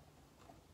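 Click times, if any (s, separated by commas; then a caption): none. A crimped pin is being pushed into connector B's housing during re-pinning on a Gottlieb System 1 Genie pinball machine, using a tool from Great Planes. Only quiet, steady handling noise and faint rustling are heard. The clip ends before the pin goes home, so nothing has seated or clicked yet.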